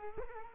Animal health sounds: mosquito wingbeat signal from an infrared sensor; Culex quinquefasciatus

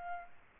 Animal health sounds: mosquito wingbeat signal from an infrared sensor; Aedes albopictus

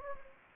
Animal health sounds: mosquito wingbeat signal from an infrared sensor; Anopheles gambiae

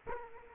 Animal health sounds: mosquito wingbeat signal from an infrared sensor; Culex quinquefasciatus

